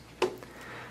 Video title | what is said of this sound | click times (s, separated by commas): SSDNow Installation Notebook | then align the top and bottom panels of the enclosure and slide them together until they snap into place | 0.2 s